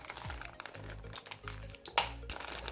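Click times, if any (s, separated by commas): 2.0 s, 2.3 s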